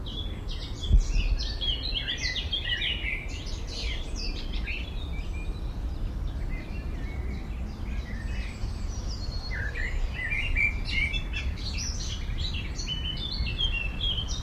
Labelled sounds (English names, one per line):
Eurasian Blackcap